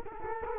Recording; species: mosquito wingbeat signal from an infrared sensor; Culex quinquefasciatus